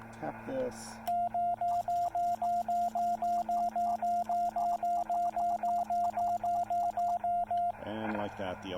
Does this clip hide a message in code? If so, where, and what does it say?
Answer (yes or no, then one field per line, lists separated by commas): no